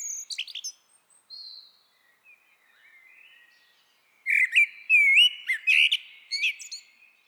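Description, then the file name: Eurasian blackbird, a brief high twittering fragment and soft warbling, then a louder phrase of whistled notes and high squeaky twitters. "Turdus merula"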